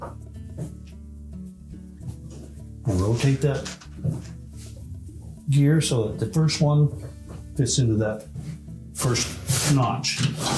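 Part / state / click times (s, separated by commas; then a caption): drawer slide track into refrigerator side bracket / not seated / none. A plastic drawer slide track (Whirlpool part WPW10284685) is lined up in its slot on a Whirlpool refrigerator's side bracket, and its gear is rotated into the first notch before the track is pushed home. Only faint handling noise is heard under background music while someone talks. Nothing has seated or clicked yet.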